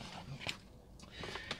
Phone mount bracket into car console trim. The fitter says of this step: kind of like Snap into place